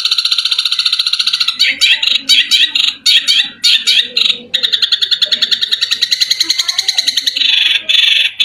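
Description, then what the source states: Long-tailed shrike song, a continuous run of scratchy, buzzy trills and rattling notes with only short breaks between bursts. Long-tailed shrike (cendet) song, billed as 'mewah' (premium); a masteran recording used to train other birds.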